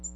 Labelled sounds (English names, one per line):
American Redstart flight call